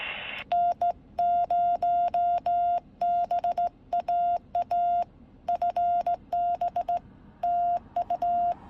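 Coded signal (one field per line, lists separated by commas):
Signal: Morse code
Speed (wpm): 16 wpm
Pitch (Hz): 700 Hz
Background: none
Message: N0BAA FB TU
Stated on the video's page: Morse code from a Quansheng radio in a first QSO.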